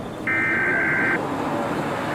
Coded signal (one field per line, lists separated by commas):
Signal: Emergency Alert System (SAME) tones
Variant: header bursts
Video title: All Macedonian city EAS alarm